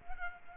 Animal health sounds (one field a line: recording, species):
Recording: mosquito wingbeat signal from an infrared sensor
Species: Culex quinquefasciatus